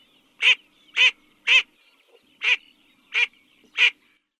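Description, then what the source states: Garganey calling: six short, nasal, honking notes, the first three about half a second apart, then three more spaced more widely after a short gap. Recorded in Uzbekistan.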